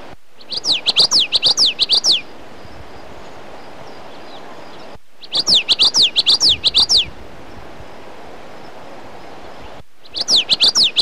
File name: Common Yellowthroat